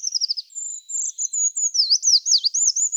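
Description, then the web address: Eurasian treecreeper giving very high, thin notes: a short quick series at first, then looping up-and-down sweeping tones. "Certhia familiaris"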